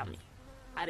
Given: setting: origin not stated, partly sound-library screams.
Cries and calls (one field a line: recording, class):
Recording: one-second piece from a danger detection set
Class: normal situation